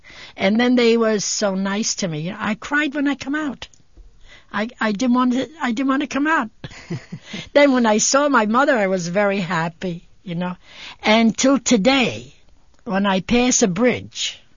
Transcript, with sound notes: And then they were so nice to me, you know, I cried when I come out. I, I didn't want, I didn't want to come out. (they laugh) Then when I saw my mother I was very happy, you know. And to today, when I pass a bridge,